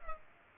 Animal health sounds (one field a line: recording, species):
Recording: mosquito wingbeat signal from an infrared sensor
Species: Culex pipiens